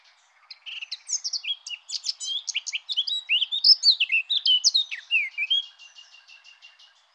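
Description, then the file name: Eurasian blackcap song, a rich, hurried warble of varied whistles and chirps lasting about five seconds, then softer twitters. "Fauvette-à-tête-noire"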